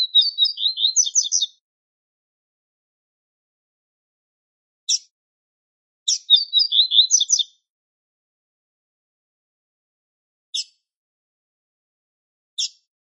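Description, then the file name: Double-collared seedeater delivering two fast twittering song phrases, the second introduced by a sharp chip, with further lone high chips scattered between and after. Male singing. "canto da coleirinha macho"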